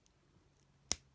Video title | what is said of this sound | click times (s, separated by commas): Kamen Rider Saber Rider Kick's Figure Dragonic Knight & Wonder Combo Set Review | that's going to clip in and then we | 0.9 s